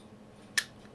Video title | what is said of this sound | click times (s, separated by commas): How to make your Airgun Trigger Better | Now listen for the click. | 0.6 s